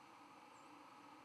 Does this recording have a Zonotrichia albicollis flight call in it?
no